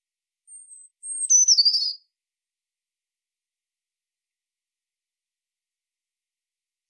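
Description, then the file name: European robin song fragment, a high thin whistle and brief sharp trill lasting about a second, then long silence. "Erithacus rubecula"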